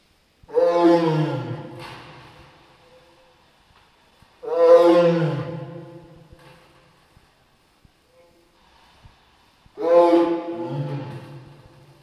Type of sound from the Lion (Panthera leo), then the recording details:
call. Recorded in captivity. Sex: female. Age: juvenile. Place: Zoo Prag, CZ. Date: 1967-09-14 10:00. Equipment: Uher 4000 Report-S, Transistorverstärker II, Sennheiser MD 421. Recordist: Tembrock, Günter. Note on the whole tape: Löwin, nicht ganz erwachsenes Tier, Rufe beim Umherlaufen (allein). Abstand 3 m. Aufnahmen von 9.30 - 11.00 Uhr